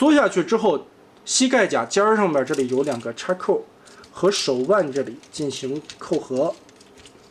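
Someone talks while handling a transforming robot toy, a Transformers MMC comic Tank Megatron, getting ready to fasten the two buckles on its plastic knee armor into the plastic leg. No click is heard, and nothing has seated or clicked yet.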